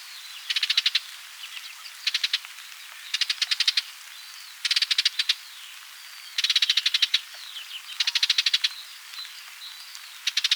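Barred warbler: short dry rattles of rapid clicking pulses, each lasting under a second, coming roughly every one and a half seconds with faint notes between them.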